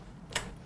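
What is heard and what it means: A folding backrest handle on a NOVA lightweight transport chair is pulled up until its metal frame latch locks. A single sharp click is heard at 0.4 s as the handle latch seats into place.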